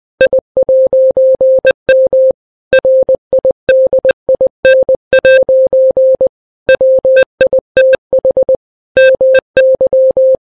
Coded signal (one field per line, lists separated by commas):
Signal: Morse code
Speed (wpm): 20 wpm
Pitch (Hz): 520 Hz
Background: none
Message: I'M RIDIN' WITH MY